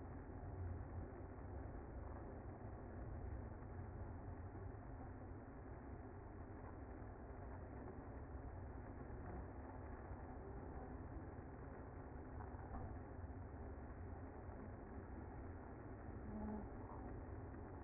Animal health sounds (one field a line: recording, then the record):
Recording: honeybee colony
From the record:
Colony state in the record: active